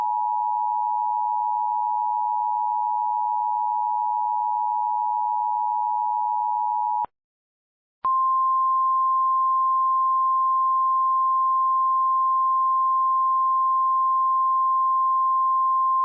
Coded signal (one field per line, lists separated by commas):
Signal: Emergency Alert System (SAME) tones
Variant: 853 and 960 Hz attention tone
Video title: eas s-post: caseoh jumped